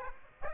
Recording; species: mosquito wingbeat signal from an infrared sensor; Aedes aegypti